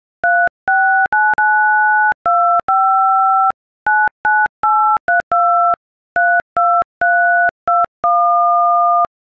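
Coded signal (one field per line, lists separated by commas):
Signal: DTMF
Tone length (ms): 280 ms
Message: 3692599832 32321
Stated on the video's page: DTMF tones from an iPhone keypad playing an Adele song.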